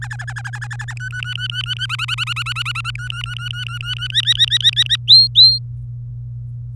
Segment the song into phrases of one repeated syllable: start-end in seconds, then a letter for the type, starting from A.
0.02-0.94 A, 0.97-1.86 B, 1.89-2.91 C, 2.95-4.07 B, 4.10-4.96 D, 5.08-5.59 E